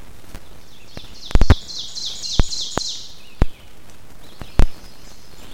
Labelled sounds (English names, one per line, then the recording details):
Ovenbird song
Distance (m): 20 m
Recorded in boreal forest in Alberta, Canada, on 5 June 2016 at 08:07
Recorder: SongMeter 3, array SBT-3-51
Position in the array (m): 244 m, 124 m
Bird 28